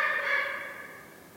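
Eagle-owl call already under way at the start: a rich, nasal, even-pitched tone that slowly fades out over about a second.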